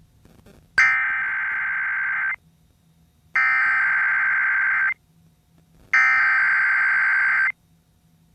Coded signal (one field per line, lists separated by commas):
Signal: Emergency Alert System (SAME) tones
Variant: header bursts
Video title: SOUTH CHARLESTON VS GREENBRIER EAST 2021-2022